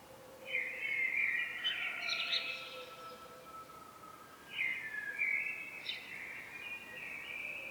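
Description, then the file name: Common blackbird song, two warbled, fluty phrases about four seconds apart, each sliding through mid pitches with brief higher twitters, over a quiet background. "Turdus merula"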